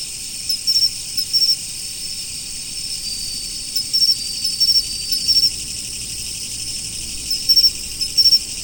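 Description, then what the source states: Insects keep up a constant high drone, with short triple-pulsed chirps popping out in pairs at uneven gaps. Autumn.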